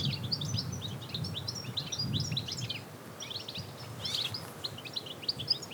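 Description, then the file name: European goldfinch twittering: continuous high, tinkling chirps and trills tumbling over each other, with low rumbling background noise. "Carduelis carduelis"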